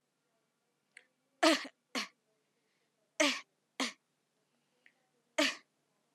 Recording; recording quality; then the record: shallow voluntary cough; moderate, slight background noise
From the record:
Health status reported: healthy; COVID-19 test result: negative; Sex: female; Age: 19 years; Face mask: worn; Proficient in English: yes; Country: India